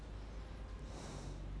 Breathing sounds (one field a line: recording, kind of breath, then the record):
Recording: one breath in and out by a microphone near the nose and mouth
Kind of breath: normal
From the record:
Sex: male